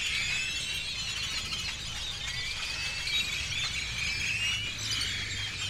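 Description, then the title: Birds keep up a steady chorus of thin whistles and squeaky chatter, many overlapping, with a low hum beneath. Birds over the seafront (malecón) before dawn in Campeche, Mexico; recorded on a TASCAM DR-100 mkII with a RODE NTG-2 shotgun microphone and deadcat windshield. "Campeche, México - Aves sobre malecón en madrugada"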